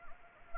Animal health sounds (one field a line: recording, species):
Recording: mosquito wingbeat signal from an infrared sensor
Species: Anopheles gambiae